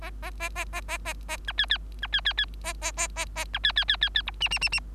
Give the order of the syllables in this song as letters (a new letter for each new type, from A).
A A A A A A A A B C C B C C C A A A A A B C C C C C D E E E E